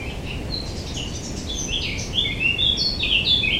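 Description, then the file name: Blackcap song: soft hurried warbling at first, then a louder ending of pure, fluty whistled notes stepping up and down; low background noise throughout. "Sylvia atricapilla"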